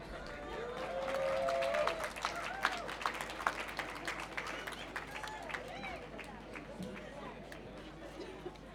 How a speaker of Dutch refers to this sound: Nou, nog een applausje met heel veel liefde.